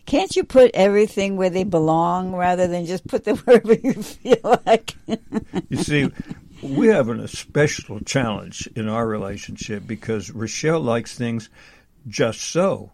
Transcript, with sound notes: "Can't you put everything where they belong rather than just put them wherever you feel like?" (laughs)
You see, we're having a special challenge in our relationship because Rochelle likes things just so.